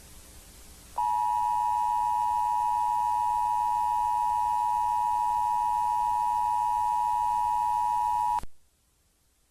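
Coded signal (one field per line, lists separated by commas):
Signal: Emergency Alert System (SAME) tones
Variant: 853 and 960 Hz attention tone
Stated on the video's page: Fictional EAS scenario about aliens; not a real alert.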